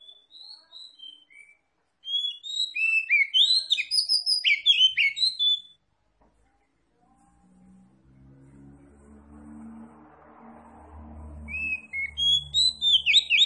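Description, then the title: Oriental magpie-robin song, loud rapid whistled and chirping phrases, with a low rumbling noise in the background later on. Singing in full, energetic form (gacor); Tretes type. "Kacer Tretes Gacor"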